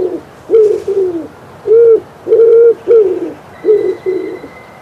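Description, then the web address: Common wood pigeon cooing, a handful of low hoots with short gaps; a faint thin whistle near the end. "Przyroda Ptaki Grzywacz"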